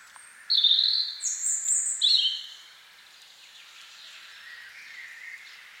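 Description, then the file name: European robin singing a brief phrase of high, clear whistles and a sharp, very high note, followed by quieter, fainter warbling. "Erithacus rubecula"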